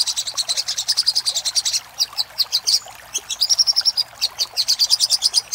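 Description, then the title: Little spiderhunter song: quick series of high, piercing notes, broken by brief gaps, with a steadier whistled run midway. Master recording for training cage birds; Indonesian name sogok ontong, labelled Labaik. "Masteran Burung Sogok Ontong Labaik"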